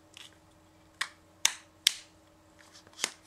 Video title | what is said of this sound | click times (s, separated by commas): UNBOXING - DJI OSMO POCKET - Zubehör | Der hat ein paar Stufen. Man hört es beim Knacken. | 1.0 s, 1.5 s, 1.9 s